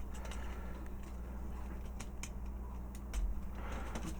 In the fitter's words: Tips of the wings come up. Snap into place.